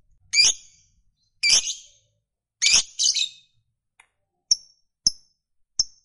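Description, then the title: Lovebird call: several harsh, rasping screeches spaced about a second apart, followed by three short, high, clipped chirps. Fighter-type lovebird; the recording features its long chatter (ngekek panjang). "Begitu Dengar Suara Lovebird FIGHTER NGEKEK PANJANG"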